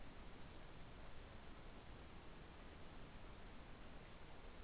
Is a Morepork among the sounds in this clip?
no